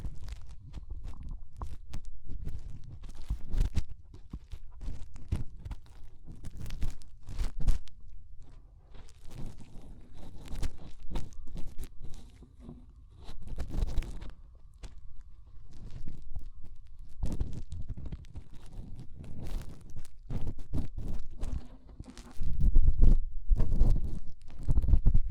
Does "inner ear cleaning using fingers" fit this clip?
yes